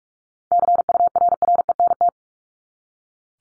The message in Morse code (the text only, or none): CURRENT